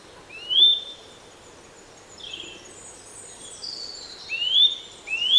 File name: Sitta europaea